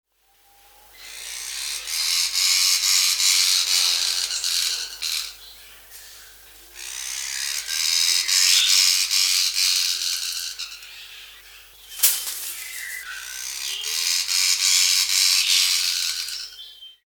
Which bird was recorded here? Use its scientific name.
Psilopogon pyrolophus